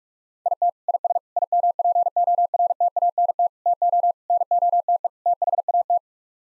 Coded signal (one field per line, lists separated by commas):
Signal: Morse code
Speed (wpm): 46 wpm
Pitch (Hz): 700 Hz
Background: none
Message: IT IS IMPORTANT TO NOTE THAT